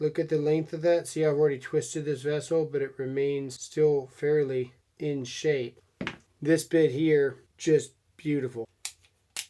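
Someone talks while showing metal screwdriver bits for a Klein Tools 32306INS 1K volt multi-bit screwdriver. Near the end, the bits are pushed back into their holders in the screwdriver, giving sharp clicks at 8.9 s and 9.4 s as they snap in. They seat without a fight and hold well.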